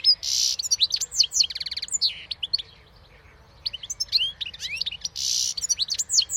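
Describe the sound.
Bird calls: dense high chirps, buzzy notes and rapid rattling trills coming in clusters, over a steady low background hum.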